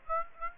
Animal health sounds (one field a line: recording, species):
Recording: mosquito wingbeat signal from an infrared sensor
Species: Aedes aegypti